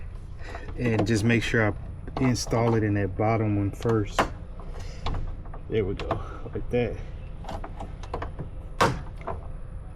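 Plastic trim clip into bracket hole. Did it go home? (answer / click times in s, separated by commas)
yes / 8.1 s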